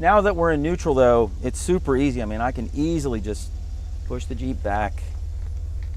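Someone talks while a Jeep in neutral is pushed back by hand to extend the steel telescoping arm of a Blue Ox RV tow bar, over a steady low vehicle rumble. The arm's locking pin has not yet snapped into place, so nothing has seated or clicked yet.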